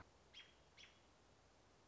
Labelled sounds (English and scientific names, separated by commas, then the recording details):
American Robin (Turdus migratorius)
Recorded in Sonoma County, California